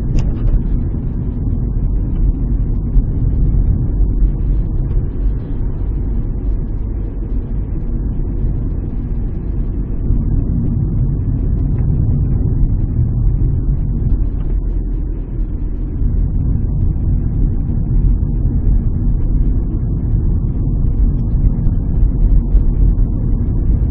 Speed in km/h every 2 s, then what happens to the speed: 37, 38, 38, 39, 38, 35, 35, 32, 35, 37, 39, 40.
0-6 steady at about 38. 6-14 slows to 32. 14-24 speeds up to 40.